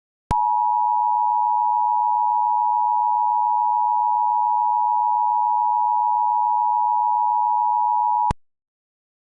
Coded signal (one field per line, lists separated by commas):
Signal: Emergency Alert System (SAME) tones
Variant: 853 and 960 Hz attention tone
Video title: On the Loose (An EAS Scenario)